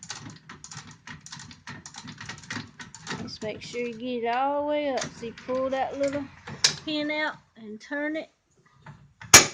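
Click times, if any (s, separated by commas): 9.3 s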